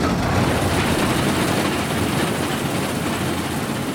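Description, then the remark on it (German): A combine harvester's engine suddenly starts and roars steadily as a boy drives the machine rattling toward a man, a loud, dense rumbling drone with a constant mechanical rattle running throughout and no voices. “Da ist auf einmal der Motor losgegangen und die Maschine ist auf ihn zugerattert.”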